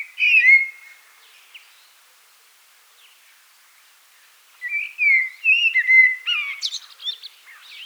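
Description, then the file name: Common blackbird song: a short mellow fluted phrase, a long pause, then a fuller warbled phrase rising into shrill squeaky notes. "Turdus merula"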